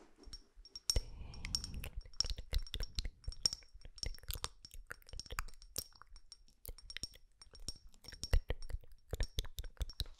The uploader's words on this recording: TRIGGER SOUNDS, MOUTH SOUNDS, RELAXING ASMR.